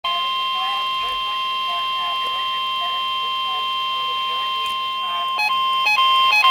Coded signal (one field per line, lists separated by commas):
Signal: Emergency Alert System (SAME) tones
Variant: 1050 Hz attention tone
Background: speech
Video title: Severe Thunderstorm Warning (EAS #170)